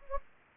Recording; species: mosquito wingbeat signal from an infrared sensor; Anopheles gambiae